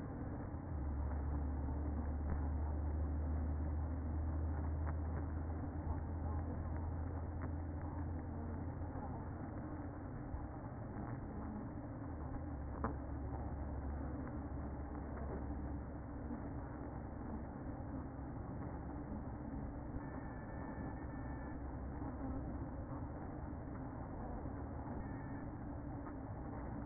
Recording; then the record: honeybee colony, microphone inside the hive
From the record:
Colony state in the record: queen present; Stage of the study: after two queens were removed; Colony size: about 60,000 bees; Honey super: yes